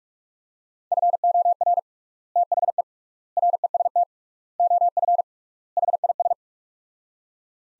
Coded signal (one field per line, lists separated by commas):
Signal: Morse code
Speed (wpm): 46 wpm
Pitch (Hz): 700 Hz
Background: none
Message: FOR THE REST OF HIS